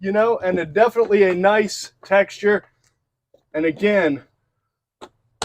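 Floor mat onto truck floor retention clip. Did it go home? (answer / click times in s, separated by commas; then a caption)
yes / 5.4 s. An all-weather rubber floor mat is lined up and pressed onto the retention clips on the floor of a 2022 Ford F-150, F-250 or F-350 truck while someone talks. After a pause, a sharp click at 5.4 s marks the mat snapping onto the retention post and seating.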